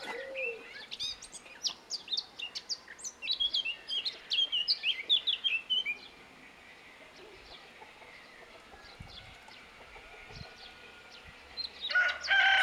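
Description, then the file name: Eurasian blackcap song, a rapid warbling phrase of varied high chirps and twitters for about six seconds, then near quiet, with a brief loud sound at the very end. "Sylvia atricapilla"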